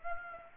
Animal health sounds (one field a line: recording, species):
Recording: mosquito wingbeat signal from an infrared sensor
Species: Aedes aegypti